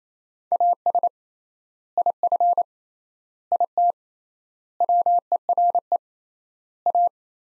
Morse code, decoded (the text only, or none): AS IF IT WERE A